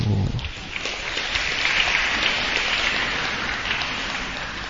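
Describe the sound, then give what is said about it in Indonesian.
An audience at a speech applauds steadily, a dense wash of many hands clapping at a fairly even level throughout, with no voices standing out above it. “Jangan sambut dengan tepuk tangan, sambut dengan apa yang mau dibuat setelah ini.”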